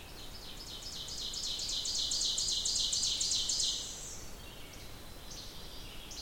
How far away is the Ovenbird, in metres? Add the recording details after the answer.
about 35 m. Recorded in boreal forest in Alberta, Canada, on 28 June 2016 at 06:21. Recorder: SongMeter 3, array SBT-6-79. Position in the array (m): 5 m, 125 m. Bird 42